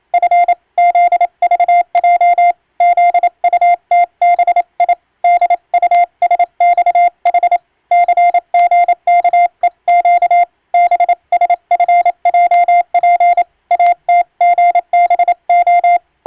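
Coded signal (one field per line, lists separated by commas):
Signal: Morse code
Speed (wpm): 27 wpm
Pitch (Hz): 700 Hz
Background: none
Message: F ZVJ ZUTBI DUSXH CGKEQ BSFJP ATGBO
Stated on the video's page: Morse sent on an electronic keyer by a ship radiotelegraph operator as practice for the national exam's telegraphy test, using English-language radiotelegram practice texts.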